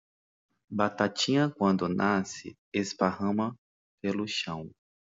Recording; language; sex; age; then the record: short text; Brazilian Portuguese; male; 30 to 39 years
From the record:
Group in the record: control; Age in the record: 33 years